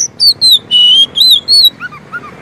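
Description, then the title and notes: Oriental magpie-robin song with a few clear whistled notes, some falling and some slurred, then softer lower chirps near the end. Long-duration filler song (isian) for training kept birds to sing actively day and night. "Kacer Jadi Gacor Siang Malam. Isian Kacer Durasi Panjang"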